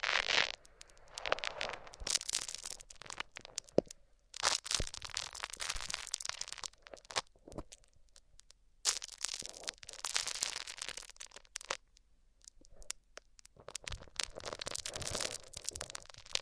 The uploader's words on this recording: ASMR Rubbing Mics On Different Surfaces (No Talking).